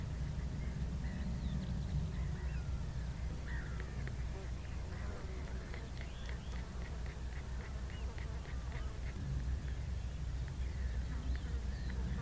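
Birds call in short, bright chirps and quacking-like notes scattered throughout, over a steady low rumble that never lets up, perhaps wind. The level stays even across the twelve seconds, with a busy murmur of overlapping calls and no clear pauses.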